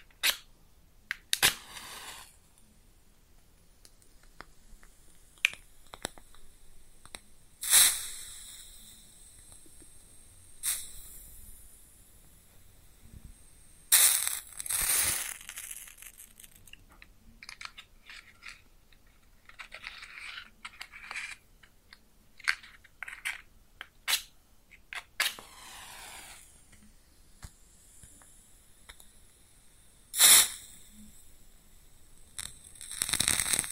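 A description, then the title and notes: Matches are struck close up, each strike a sharp bright scrape at about 1, 8, 14, 26 and 30 seconds, followed by a hiss of flame. Between strikes come quiet crackles and small sizzles. ASMR Close Up Matching LightingExtinguishing Fire Crackles & Sizzles (No Talking).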